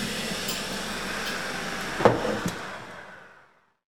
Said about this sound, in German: Das Wasser kocht!